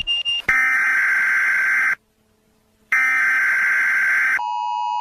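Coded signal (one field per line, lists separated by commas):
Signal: Emergency Alert System (SAME) tones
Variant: header bursts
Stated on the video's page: Compilation of fan-submitted EAS alarms.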